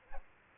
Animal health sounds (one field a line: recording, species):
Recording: mosquito wingbeat signal from an infrared sensor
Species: Aedes albopictus